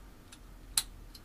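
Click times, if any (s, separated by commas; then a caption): 0.8 s. A metal collet is pressed into the spindle nut until the rubber retaining ring snaps it in place, giving one sharp, bright click at 0.8 s. Two much fainter ticks come at about 0.3 s and 1.2 s, and the collet is seated in the nut.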